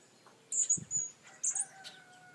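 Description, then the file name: Hummingbird making two short, shrill, very high chip bursts about a second apart, with faint low rustling. "Colibri"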